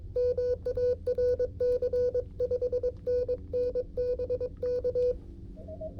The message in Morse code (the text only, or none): MARC 5NN BK